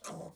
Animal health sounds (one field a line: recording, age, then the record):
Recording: pig call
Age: piglet (1 to 25 days)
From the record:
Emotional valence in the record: negative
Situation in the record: restrain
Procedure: back test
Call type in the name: low-frequency call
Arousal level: medium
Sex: female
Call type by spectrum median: low-frequency call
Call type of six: low-frequency stable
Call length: 0.36 s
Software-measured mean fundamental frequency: 53 Hz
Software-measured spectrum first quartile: 487 Hz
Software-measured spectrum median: 1259 Hz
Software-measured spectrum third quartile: 5663 Hz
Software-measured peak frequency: 184 Hz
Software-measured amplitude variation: 146 dB a second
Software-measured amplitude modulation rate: 15.2 a second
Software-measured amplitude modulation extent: 9.6 dB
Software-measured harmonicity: 2.1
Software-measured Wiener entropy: -3.47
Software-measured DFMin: 632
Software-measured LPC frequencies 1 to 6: 583, 1208, 2377, 3425, 4191, 5515 Hz